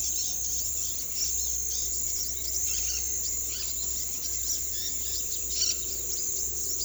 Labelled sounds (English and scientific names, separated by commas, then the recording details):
White-lored Euphonia (Euphonia chrysopasta), Dusky-headed Parakeet (Aratinga weddellii)
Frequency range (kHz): White-lored Euphonia (Euphonia chrysopasta) 3.3-8.8 kHz; Dusky-headed Parakeet (Aratinga weddellii) 0.8-6.5 kHz
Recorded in secondary vegetation near Puerto Asís, Putumayo, Colombia, on 20 February 2024 at 08:30
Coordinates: 0.500, -76.326
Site G6428